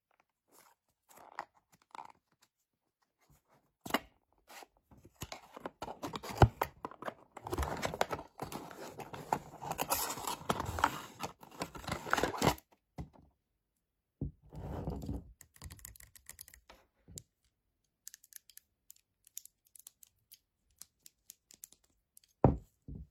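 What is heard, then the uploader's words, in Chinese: Fingernails tap and slide, with scattered sharp clicks in the first few seconds giving way to a dense burst of rapid tapping and scratchy rubbing from about 7 to 12 seconds. After that, the sounds thin out into short bursts and isolated taps, ending with a louder click. 指甲触发！指尖滑动、敲击音。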